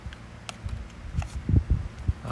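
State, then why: Not seated. An iPhone 12 mini is pushed by hand into an old rigid bamboo and aluminium case made for the older iPhone 5. Short, sharp taps sound at about 0.1, 0.5 and 1.2 s, followed by duller low bumps from about 1.5 to 2.1 s as the phone is pressed against the case. The phone is just a little too big and does not go in, and nothing has seated or clicked yet.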